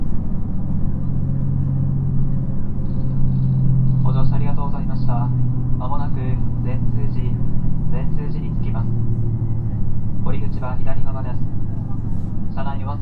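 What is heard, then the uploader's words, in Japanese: Steady low rumble of the ride between Kotohira and Okayama, with voices talking in short bursts from about four seconds onward. JR四国 2700系気動車 南風20号 琴平から岡山まで。四国旅客鉄道2700系気動車の走行音です。今回は１回目で、琴平発車後から宇多津発車直後までです。琴平から岡山までの区間で録音しました。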